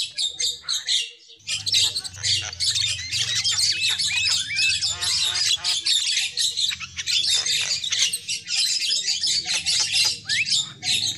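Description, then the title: Lovebird: after a short quiet start, lovebirds burst into dense, shrill squawking chatter that continues steadily, over a low hum. Lure call used for trapping birds. "PIKAT BURUNG LOVEBIRD"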